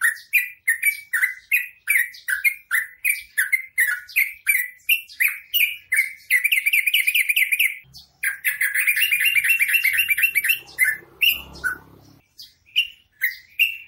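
Bird song of rapid, repeated harsh chirps, each sweeping down with bright high overtones, broken midway by fast trilled rattling bursts, then resuming.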